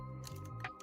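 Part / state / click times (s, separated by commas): 3D printed plastic part into the X-Wing model body / not seated / none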